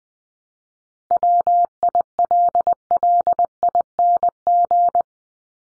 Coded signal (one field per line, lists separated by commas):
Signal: Morse code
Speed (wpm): 20 wpm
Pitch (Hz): 700 Hz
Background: none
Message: WILLING